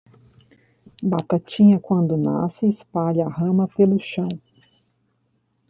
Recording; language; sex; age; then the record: short text; Brazilian Portuguese; female; 40 to 49 years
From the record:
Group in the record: control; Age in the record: 45 years